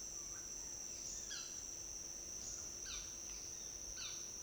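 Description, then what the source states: Hummingbird short whistles: faint, quick descending chirps given a few times over a steady high-pitched insect drone. Short whistle of a hummingbird in an urban area beside the forest.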